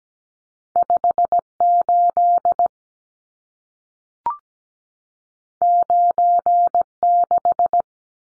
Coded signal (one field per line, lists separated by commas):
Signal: Morse code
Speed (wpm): 17 wpm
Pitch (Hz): 700 Hz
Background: none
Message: 58 96